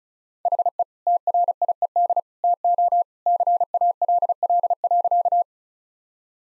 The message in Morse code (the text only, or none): HE TRIED TO CALL.